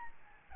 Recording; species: mosquito wingbeat signal from an infrared sensor; Aedes albopictus